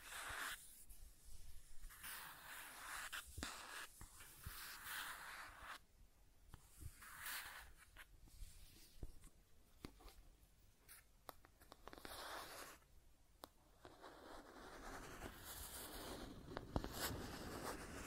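Scratching and tracing sounds: rough, hissy strokes repeat in uneven bursts about every second or two, each a bright rasp that swells and fades. Sharp clicks and taps break in throughout, busiest between ten and fourteen seconds, over a faint low rumble.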